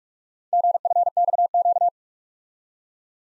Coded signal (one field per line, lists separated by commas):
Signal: Morse code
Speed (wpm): 51 wpm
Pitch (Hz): 700 Hz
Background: none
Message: GFXQ